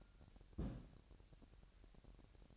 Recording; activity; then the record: daily activity, microphone in the room; place on stove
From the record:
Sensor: 2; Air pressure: 1011.9 hPa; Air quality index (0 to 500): 191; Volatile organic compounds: 3 ppm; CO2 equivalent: 1358 ppm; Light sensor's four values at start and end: 70/167/68/65 and 70/167/68/65